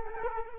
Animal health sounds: mosquito wingbeat signal from an infrared sensor; Culex quinquefasciatus

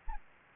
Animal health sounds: mosquito wingbeat signal from an infrared sensor; Anopheles arabiensis

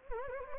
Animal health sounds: mosquito wingbeat signal from an infrared sensor; Anopheles gambiae

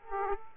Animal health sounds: mosquito wingbeat signal from an infrared sensor; Aedes aegypti

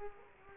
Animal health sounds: mosquito wingbeat signal from an infrared sensor; Culex quinquefasciatus

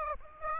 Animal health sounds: mosquito wingbeat signal from an infrared sensor; Aedes aegypti

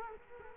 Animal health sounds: mosquito wingbeat signal from an infrared sensor; Culex quinquefasciatus

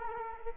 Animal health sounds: mosquito wingbeat signal from an infrared sensor; Culex quinquefasciatus

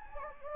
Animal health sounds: mosquito wingbeat signal from an infrared sensor; Anopheles gambiae

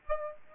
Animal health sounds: mosquito wingbeat signal from an infrared sensor; Aedes aegypti

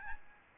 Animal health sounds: mosquito wingbeat signal from an infrared sensor; Aedes albopictus

